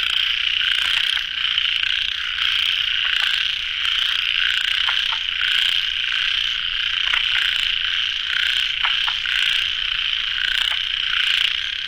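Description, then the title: Frog chorus forming a steady, shimmering wall of high-pitched trilling, with many callers overlapping without pause. Frogs at a pond late at night, recorded in the field by the recordist. "深夜水塘蛙声伴你入眠 ［声谷］"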